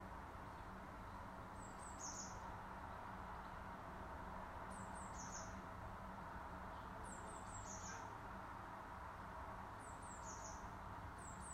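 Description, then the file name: Eurasian blue tit calls: very high, thin chirps in quick clusters of three or four, repeating every few seconds over a steady low rumble. Blue tit call type 5. "Blue Tit type"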